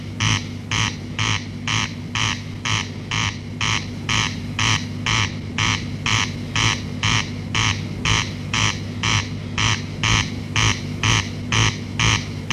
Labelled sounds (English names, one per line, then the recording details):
Corn Crake song
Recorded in the wild
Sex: male
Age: adult
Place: Dobre Miasto, Warminsko-Mazurskie, PL
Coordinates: 54.04, 20.4844
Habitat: hollow within forest
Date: 1965-07-10 22:00
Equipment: Grundig TK 4, BG 20/6 - 19 cm/s
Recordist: Schubert, Michael